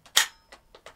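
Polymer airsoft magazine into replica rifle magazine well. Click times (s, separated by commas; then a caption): 0.2 s. A third-party Tango Down-type polymer airsoft magazine is pushed into the magazine well of an EMG Salient Arms International M4 SBR GRY GEN2 replica rifle during a compatibility test. A loud, sharp click at 0.2 s marks the magazine locking in, with a bit of play, and quieter handling clicks follow at about 0.5, 0.8, 0.9 and 1.0 s.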